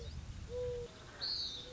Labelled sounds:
Mourning Dove (Zenaida macroura)
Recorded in Sonoma County, California

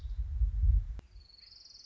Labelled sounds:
Orange-crowned Warbler (Leiothlypis celata)
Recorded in Sonoma County, California

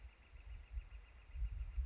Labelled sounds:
Northern Flicker (Colaptes auratus)
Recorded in Sonoma County, California

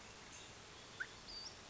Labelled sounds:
Western Flycatcher (Empidonax difficilis)
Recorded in Sonoma County, California

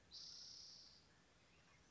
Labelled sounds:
Spotted Towhee (Pipilo maculatus)
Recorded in Sonoma County, California

